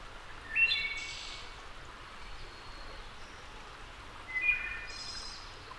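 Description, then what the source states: Wood thrush song: two flutey phrases about four seconds apart, each a few clear whistled notes ending in a high, airy trill, over steady hiss. Labelled as a return.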